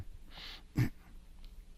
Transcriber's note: clears throat